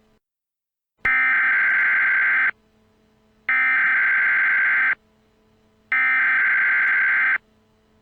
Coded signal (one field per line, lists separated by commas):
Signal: Emergency Alert System (SAME) tones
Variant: header bursts